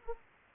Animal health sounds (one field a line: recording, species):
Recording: mosquito wingbeat signal from an infrared sensor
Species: Anopheles arabiensis